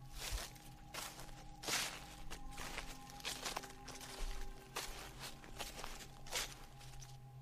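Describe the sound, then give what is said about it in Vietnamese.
Slow, steady footsteps outside a door, roughly a dozen soft thudding steps at an even walking pace over a faint, constant low hum, with no one talking. “Đến lúc đó tôi chợt rùng mình, bởi vì bên ngoài cánh cửa tôi nghe tiếng bước chân đi.”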